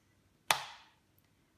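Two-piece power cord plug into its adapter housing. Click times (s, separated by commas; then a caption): 0.5 s. The two plastic pieces of a Spectra 9 Plus portable electric breast pump's power cord, the plug and the adapter body, are pushed firmly together until one loud, sharp click at 0.5 s, followed by a faint tick near 1.2 s. The click shows the cord is fully assembled and seated, which the pump needs in order to power on.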